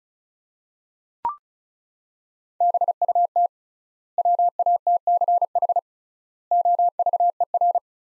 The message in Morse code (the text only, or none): BUT WATCH OVER